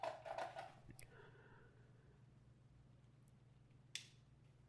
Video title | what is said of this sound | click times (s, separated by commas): Foredom Unboxing and First Time Using It - One of my Dream Tools! | nice little click this is the first time | 3.9 s